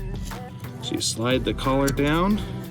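Someone talks while sliding the rotating collar down on a Pulsar LT add-on module harness connector as it mates with the factory engine connector on a 2019-2020 GM Silverado or Sierra 5.3L or 6.2L. The plastic locking tab on the collar has not clicked in yet, and nothing has seated.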